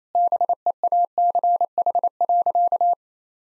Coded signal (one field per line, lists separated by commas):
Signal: Morse code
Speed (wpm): 28 wpm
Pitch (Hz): 700 Hz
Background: none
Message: BEACH.